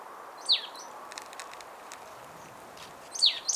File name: Poecile palustris